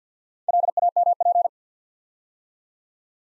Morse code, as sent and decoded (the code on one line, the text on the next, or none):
.-.. .- -- .--.
LAMP